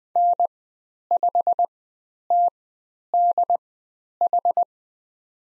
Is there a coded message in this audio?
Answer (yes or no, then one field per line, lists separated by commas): yes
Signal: Morse code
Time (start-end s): 0.2-4.6 s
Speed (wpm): 20 wpm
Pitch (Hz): 700 Hz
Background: none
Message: N5TDH